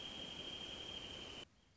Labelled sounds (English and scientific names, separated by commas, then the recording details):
Wrentit (Chamaea fasciata)
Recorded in Sonoma County, California